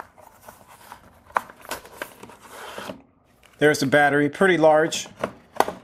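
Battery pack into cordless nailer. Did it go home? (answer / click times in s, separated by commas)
yes / 5.6 s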